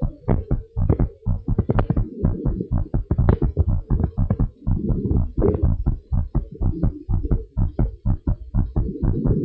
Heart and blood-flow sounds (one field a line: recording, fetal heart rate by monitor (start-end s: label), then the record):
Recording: heart sounds of a pregnant woman by stethoscope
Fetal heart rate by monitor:
no fetal heartbeat
From the record:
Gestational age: 38 weeks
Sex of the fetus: boy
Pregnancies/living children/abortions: 3/1/1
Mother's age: 30 years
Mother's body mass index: 36.9